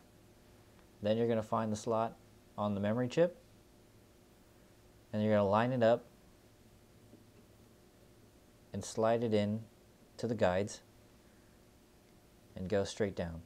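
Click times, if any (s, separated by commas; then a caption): none. A memory module is lined up with its notch against the key of a motherboard DIMM slot, ready to be slid into the guides and pushed home, while someone talks in short bursts with quiet pauses between. The module has not seated or clicked yet.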